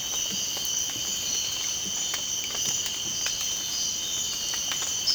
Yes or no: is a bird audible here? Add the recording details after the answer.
no. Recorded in dense forest near Puerto Asís, Putumayo, Colombia, on 8 March 2025 at 05:30. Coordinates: 0.486, -76.317. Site G053